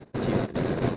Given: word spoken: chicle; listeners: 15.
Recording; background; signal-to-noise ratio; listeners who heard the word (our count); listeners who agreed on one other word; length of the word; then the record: one Spanish word in noise, from a listening test; noise modulated by one talker; -11.5 dB; 4 of 15; 6 of 15; 0.57 s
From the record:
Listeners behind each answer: 6, 4, 3, 1, 1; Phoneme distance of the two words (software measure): 24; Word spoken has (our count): 2 syllables, 5 phonemes, stress on syllable 1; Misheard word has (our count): 2 syllables, 5 phonemes, stress on syllable 1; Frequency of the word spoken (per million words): 2.11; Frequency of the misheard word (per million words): 18.83